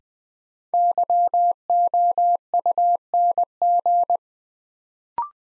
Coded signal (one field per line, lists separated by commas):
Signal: Morse code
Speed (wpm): 20 wpm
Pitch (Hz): 700 Hz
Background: none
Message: YOUNG